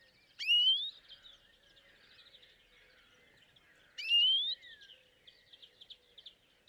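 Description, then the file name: European greenfinch giving two loud, rising, slightly wheezy whistled calls about three and a half seconds apart, with soft twittering and faint chatter between them. "Chloris chloris"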